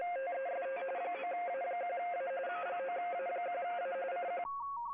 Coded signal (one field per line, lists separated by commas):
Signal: RTTY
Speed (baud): 45.45 baud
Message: TEST 9A1A 9A1A CQ